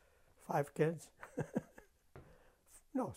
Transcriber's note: he laughs